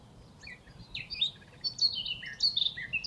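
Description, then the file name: Eurasian blackcap warble starting with a few scattered notes, then swelling into a fast run of bright, jumbled chirps and slurred whistles. "Sylvia atricapilla"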